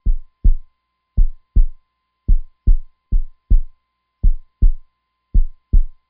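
Steady, low-pitched paired thumps in a clear lub-dub pattern repeat at about 57 beats a minute, with quiet gaps between beats. A heartbeat with no other background sound.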